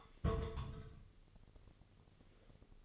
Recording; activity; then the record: daily activity, microphone in the room; place on stove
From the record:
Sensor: 4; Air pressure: 996.1 hPa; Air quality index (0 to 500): 73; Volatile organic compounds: 3 ppm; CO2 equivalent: 1349 ppm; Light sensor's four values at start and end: 18/50/19/20 and 18/50/19/21